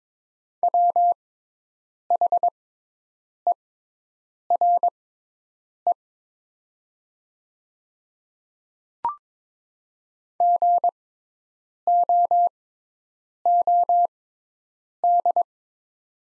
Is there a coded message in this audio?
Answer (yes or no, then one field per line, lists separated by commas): yes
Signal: Morse code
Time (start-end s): 0.6-15.4 s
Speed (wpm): 21 wpm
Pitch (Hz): 700 Hz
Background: none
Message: WHERE GOOD